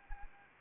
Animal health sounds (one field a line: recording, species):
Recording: mosquito wingbeat signal from an infrared sensor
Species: Anopheles arabiensis